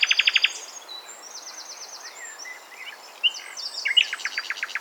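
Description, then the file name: Common nightingale song: opens with a quick run of loud repeated notes, soft twittering in between, then a sharp whistle and another fast pulsed trill. "Luscinia megarhynchos"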